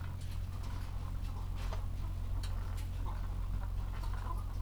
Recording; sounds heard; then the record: poultry house recording; sick chickens (respiratory disease)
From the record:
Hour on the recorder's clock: 14